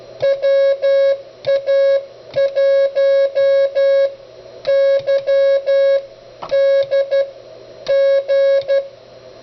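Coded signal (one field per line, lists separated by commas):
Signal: Morse code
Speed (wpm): 12 wpm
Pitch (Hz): 550 Hz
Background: music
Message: WA1YDG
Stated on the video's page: CW from the Begali CW Machine, a full-function keyer and CW trainer, shown with its autologging function.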